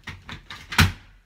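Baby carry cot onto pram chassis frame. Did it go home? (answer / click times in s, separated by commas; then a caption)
yes / 0.8 s. A baby carry cot is lowered level onto a Silver Cross Pioneer pram chassis and pushed down onto the frame's mounting points. Softer knocks come at about 0.1, 0.3 and 0.5 s, then a loud sharp click at 0.8 s as the cot locks onto the frame, seated.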